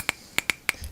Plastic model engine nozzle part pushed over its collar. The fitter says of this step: little brute force just push it over that collar and hear it kind of clicking